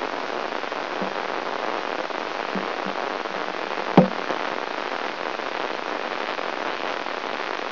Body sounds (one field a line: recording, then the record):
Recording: brain microelectrode recording played as sound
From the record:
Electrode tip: inside the subthalamic nucleus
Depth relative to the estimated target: -1.3 mm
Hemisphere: right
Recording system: AlphaMap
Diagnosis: Parkinson's disease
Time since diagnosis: 26 years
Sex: female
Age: 68 years